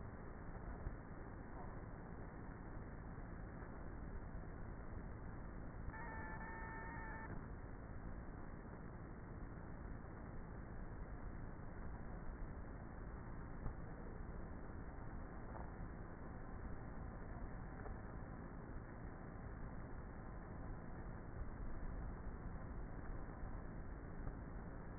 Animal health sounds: honeybee colony, microphone inside the hive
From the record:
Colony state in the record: queenless with a low population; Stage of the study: before two queens were removed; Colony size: about 30,000 bees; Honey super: no

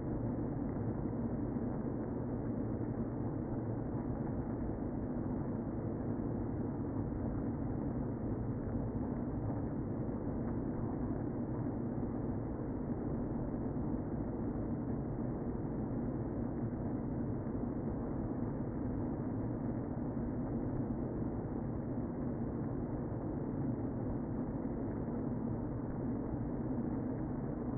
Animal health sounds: honeybee colony, microphone inside the hive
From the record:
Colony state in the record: queen present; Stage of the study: before two queens were removed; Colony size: about 60,000 bees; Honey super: yes

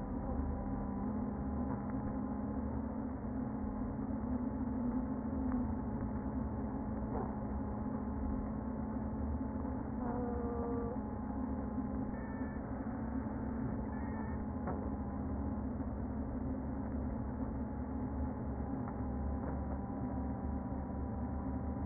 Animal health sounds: honeybee colony, microphone inside the hive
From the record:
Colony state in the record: queen present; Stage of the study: before two queens were removed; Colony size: about 60,000 bees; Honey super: yes

